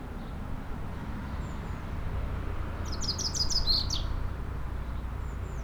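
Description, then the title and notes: Common chaffinch song: a single fast, descending series of sharp notes closing with an accented flourish, with faint high chirps and low rumble beneath. Singing in a tree while preening, 30 Rue Eugène Fert, Aix-les-Bains, France; faint Sierroz stream in background. "30 Rue Eugène Fert, 73100 Aix-les-Bains, France - Pinson des arbres. Un pinson chante dans un arbre et je le vois faire sa toilette, une petite séquence différente de sa ritournelle habituelle"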